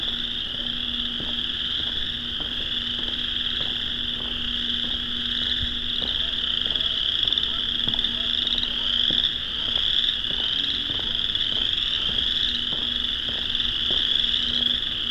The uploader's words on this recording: Dusk spring walk through the Vinemount Swamp. Thousands, maybe tens of thousands, of chorus frogs.